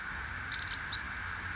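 Purple-rumped sunbird uttering a quick run of thin, high chips ending in a slightly longer squeaky note, with a constant background hum.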